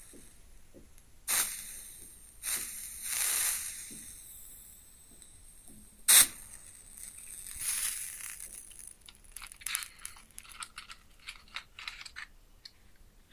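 A match is struck and burns close up, with scratchy bursts near 1.3, 2.5 and 3.3 seconds and a sharp flare just after 6 seconds. A sizzling hiss swells around 8 seconds, followed by a run of small dry crackles and ticks that thin out toward the end.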